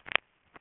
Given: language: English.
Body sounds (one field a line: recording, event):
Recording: throat vibration sensor signal played as sound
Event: swallow